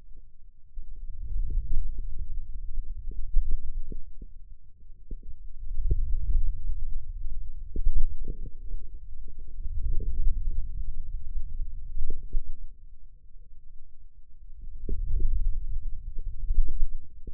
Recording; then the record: forearm muscle sounds (acoustic myography)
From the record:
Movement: wrist extension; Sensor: system 2, bracelet of six BSWA MPA416 microphones around the upper forearm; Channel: 1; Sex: male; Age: 22 years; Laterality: right